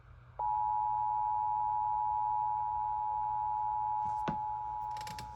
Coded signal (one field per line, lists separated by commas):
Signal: Emergency Alert System (SAME) tones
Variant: 853 and 960 Hz attention tone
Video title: GA CAE on a SAGE EAS Endec (EAS #710)